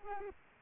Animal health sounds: mosquito wingbeat signal from an infrared sensor; Culex pipiens

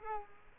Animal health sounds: mosquito wingbeat signal from an infrared sensor; Culex quinquefasciatus

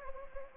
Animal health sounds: mosquito wingbeat signal from an infrared sensor; Anopheles gambiae

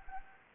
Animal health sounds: mosquito wingbeat signal from an infrared sensor; Anopheles arabiensis

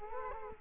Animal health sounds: mosquito wingbeat signal from an infrared sensor; Culex quinquefasciatus

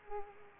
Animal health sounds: mosquito wingbeat signal from an infrared sensor; Culex quinquefasciatus

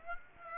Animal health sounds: mosquito wingbeat signal from an infrared sensor; Aedes aegypti

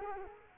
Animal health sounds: mosquito wingbeat signal from an infrared sensor; Culex quinquefasciatus

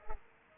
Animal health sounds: mosquito wingbeat signal from an infrared sensor; Culex pipiens

